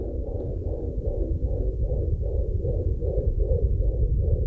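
A fetal heartbeat picked up by a home fetal Doppler: rhythmic whooshing pulses over a low rumble, from a pregnancy achieved with medical assistance.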